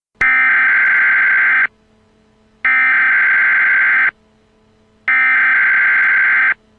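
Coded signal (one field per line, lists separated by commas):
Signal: Emergency Alert System (SAME) tones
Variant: header bursts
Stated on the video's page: Prank EAS alert, not a real broadcast.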